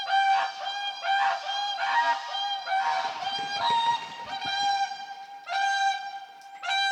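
Whooper swans trumpeting in a loud, overlapping chorus of bugling honks, several birds calling almost continuously with short pauses between bursts.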